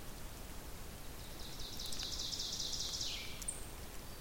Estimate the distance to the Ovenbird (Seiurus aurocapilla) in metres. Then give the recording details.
about 70 m. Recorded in boreal forest in Alberta, Canada, on 2 June 2016 at 08:16. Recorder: SongMeter 3, array SBT-3-7. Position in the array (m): 192 m, 1 m. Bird 6